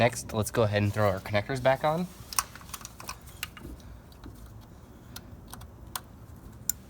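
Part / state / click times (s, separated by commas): ignition coil wiring connector onto coil / seated / 3.4 s, 6.0 s, 6.7 s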